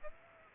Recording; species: mosquito wingbeat signal from an infrared sensor; Aedes aegypti